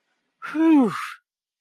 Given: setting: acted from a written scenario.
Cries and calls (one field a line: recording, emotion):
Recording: vocal sound without words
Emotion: relief